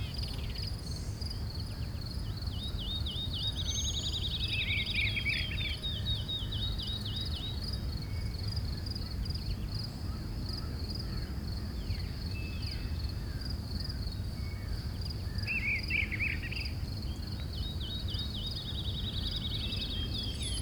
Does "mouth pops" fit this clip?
no